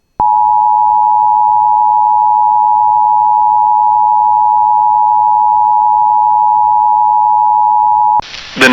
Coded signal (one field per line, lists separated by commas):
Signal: Emergency Alert System (SAME) tones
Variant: 853 and 960 Hz attention tone